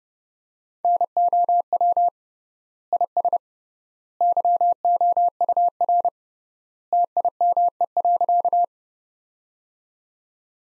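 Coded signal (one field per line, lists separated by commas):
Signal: Morse code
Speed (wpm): 30 wpm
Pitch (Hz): 700 Hz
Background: none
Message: NOW IS YOUR TIME.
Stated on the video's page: Morse code practice at 30 wpm of sentences from the top 100 words, with 3x word spacing.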